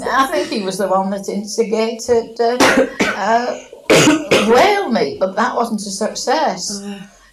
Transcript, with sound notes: And I think he was the one that instigated erm-- [coughing] Whale meat. But that wasn't a success.
Ah.